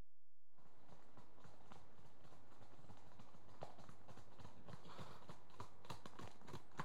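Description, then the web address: Horse hoofbeats, a steady run of sharp clopping strikes on loose, crunchy ground at a trotting pace, with a low continuous rumble underneath. Two horses trotting on a gravelly track. "BBC Sound Effects Library BBC 37-Horses. Two horses at trot on gravelly"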